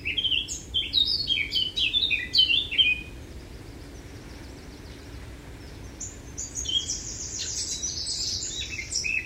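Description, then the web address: Eurasian blackcap delivering two bursts of warbling song, fast twittering notes and whistles, separated by a few seconds of near quiet with low background rumble. "SETE data Sylvia atricapilla"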